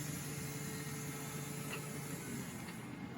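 A traction battery is being pushed into the battery compartment of a Jungheinrich ETV Q20 multi-directional reach truck. Only a steady low hum and broadband mechanical noise are heard, with no sharp hits. Nothing has seated or clicked yet, so the battery is not yet locked in position.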